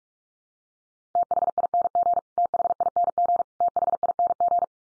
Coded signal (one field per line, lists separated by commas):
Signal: Morse code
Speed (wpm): 44 wpm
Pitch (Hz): 700 Hz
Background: none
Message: THING THING THING